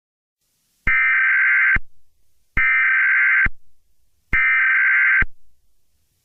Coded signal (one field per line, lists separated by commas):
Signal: Emergency Alert System (SAME) tones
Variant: header bursts